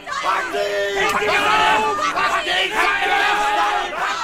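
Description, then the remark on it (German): A crowd of many voices shouts and yells at once, the cry spreading through streets and squares, a dense, agitated roar of overlapping cries rising and falling without pause, loud and continuous throughout. “Der Schrei setzt sich durch Straßen und Plätze fort.”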